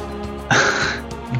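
A single, horrible-sounding cough from an adult.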